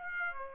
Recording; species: mosquito wingbeat signal from an infrared sensor; Aedes aegypti